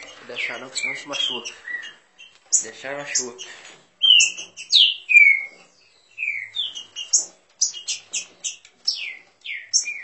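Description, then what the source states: Green-winged saltator singing clear downslurred whistled notes in quick series, after a few seconds of mixed harsher sounds at the start. Warming up.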